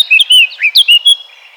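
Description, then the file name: Eurasian blackcap song: the end of a phrase, a handful of clear, loud fluted whistles in quick succession, fading out. "Sylvia atricapilla"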